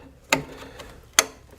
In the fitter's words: we go you should hear them snap